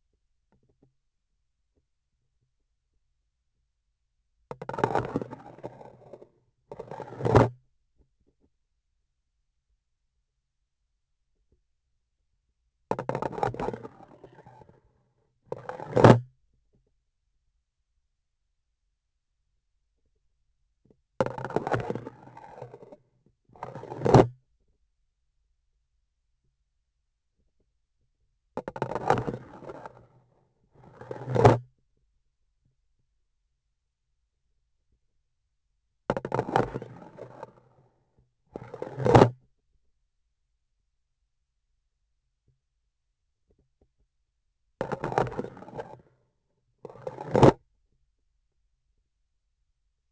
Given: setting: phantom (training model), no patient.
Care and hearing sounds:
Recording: laparoscopic instrument, vibration sensor on the handle end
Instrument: grasping forceps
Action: insertion and removal through the trocar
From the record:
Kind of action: spatial motion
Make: other than Olympus

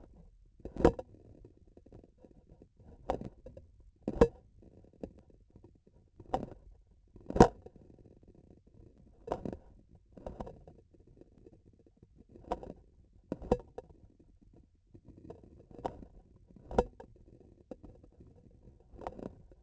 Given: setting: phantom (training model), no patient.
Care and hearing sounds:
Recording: laparoscopic instrument, vibration sensor on the handle end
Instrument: grasping forceps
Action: opening and closing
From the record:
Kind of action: tool actuation without material contact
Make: Olympus

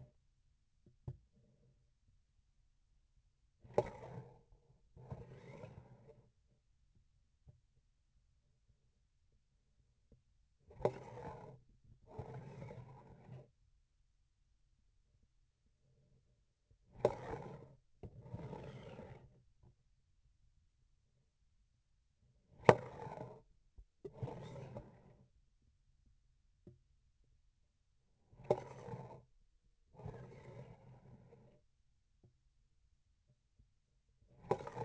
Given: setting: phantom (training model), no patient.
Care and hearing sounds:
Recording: laparoscopic instrument, vibration sensor on the handle end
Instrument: grasping forceps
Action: approaching and retracting movements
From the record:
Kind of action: spatial motion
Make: other than Olympus

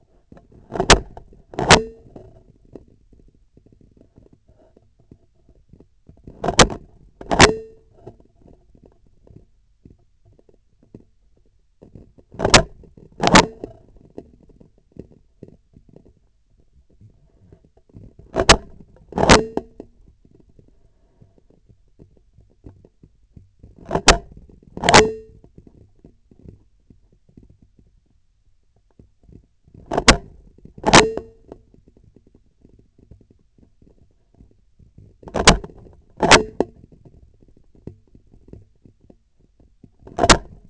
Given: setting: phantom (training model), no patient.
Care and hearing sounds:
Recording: laparoscopic instrument, vibration sensor on the handle end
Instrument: scissors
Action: opening and closing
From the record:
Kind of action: tool actuation without material contact

